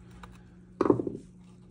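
A plastic odometer gear assembly is popped back out of a Ford E350 instrument cluster housing during a swap to an F250-350 Power Stroke cluster, after it would not click in on either side. A sharp plastic snap at 0.8 s is followed by a brief rattling clatter that fades by about 1.2 s over a low steady hum. The gear assembly comes free of the housing.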